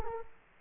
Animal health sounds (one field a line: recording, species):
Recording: mosquito wingbeat signal from an infrared sensor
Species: Culex quinquefasciatus